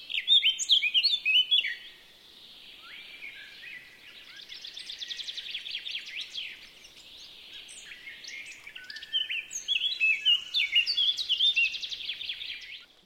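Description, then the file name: Eurasian blackcap song, bursts of loud fluty warbling alternating with softer, rapid scratchy rattling series, repeated throughout. "Sylvia atricapilla"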